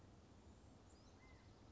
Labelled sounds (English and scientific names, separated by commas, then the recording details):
California Quail (Callipepla californica)
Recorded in Sonoma County, California